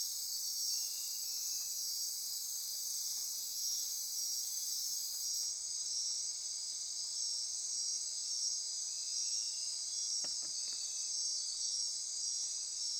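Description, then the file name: Insects calling together in a continuous high, sizzling drone; one high layer drops out midway, and a few soft clicks are heard near the end. Insect chorus recorded at midnight near Corcovado. "Wind-is-the-Original-Radio-Fridays 20240628 Andy-Martin Midnight-Insect-Chorus-Near-Corcovado"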